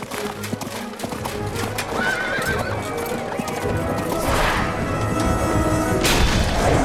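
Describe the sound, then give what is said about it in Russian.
Horse hooves pound in a fast, steady gallop as knights charge at a joust, with a horse neighing over the drumming beats and heavy thuds and crashes mixed in as the charge builds loudly. “Уилл, слезай с лошади. Упади с нее.”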